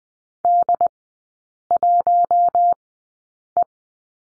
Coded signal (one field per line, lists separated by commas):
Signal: Morse code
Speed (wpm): 20 wpm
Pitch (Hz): 700 Hz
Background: none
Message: D1E